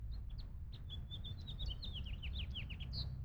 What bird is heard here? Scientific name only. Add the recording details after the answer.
Haemorhous mexicanus. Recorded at Lynbrook on Long Island, New York, on 17 June 1975. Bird D